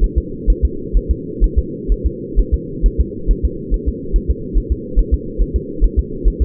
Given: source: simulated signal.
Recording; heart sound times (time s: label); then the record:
fetal heart sounds
0.04 s: S1
0.18 s: S2
0.50 s: S1
0.65 s: S2
0.97 s: S1
1.11 s: S2
1.44 s: S1
1.59 s: S2
1.92 s: S1
2.06 s: S2
2.40 s: S1
2.54 s: S2
2.86 s: S1
3.00 s: S2
3.31 s: S1
3.45 s: S2
3.74 s: S1
3.88 s: S2
4.16 s: S1
4.30 s: S2
4.58 s: S1
4.72 s: S2
4.99 s: S1
5.14 s: S2
5.42 s: S1
5.56 s: S2
5.84 s: S1
5.99 s: S2
6.28 s: S1
6.42 s: S2
From the record:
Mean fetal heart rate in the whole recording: 135 bpm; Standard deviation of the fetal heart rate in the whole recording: 3 bpm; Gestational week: 36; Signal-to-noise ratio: -4.3 dB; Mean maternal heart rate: 72 bpm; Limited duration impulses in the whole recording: present